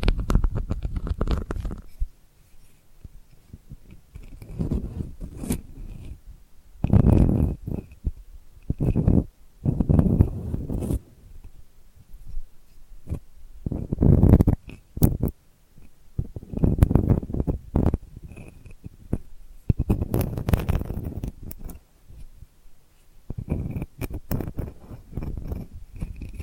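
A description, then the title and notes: Delicate scratching comes in irregular bursts of a second or two, separated by near-silent pauses, with low rubbing and occasional sharper clicks. ASMR Delicate Scratching for Sleep (No Talking).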